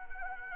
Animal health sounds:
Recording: mosquito wingbeat signal from an infrared sensor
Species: Anopheles arabiensis

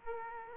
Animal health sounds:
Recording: mosquito wingbeat signal from an infrared sensor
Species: Aedes aegypti

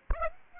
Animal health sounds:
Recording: mosquito wingbeat signal from an infrared sensor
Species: Aedes aegypti

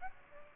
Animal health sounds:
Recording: mosquito wingbeat signal from an infrared sensor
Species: Aedes aegypti

